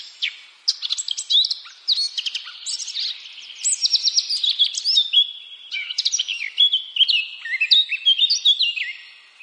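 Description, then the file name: Eurasian blackcap warbling steadily throughout, with quick, scratchy chirps mixed with clear slurred whistles and short bursts of rapid notes, barely pausing. "Sylvia atricapilla"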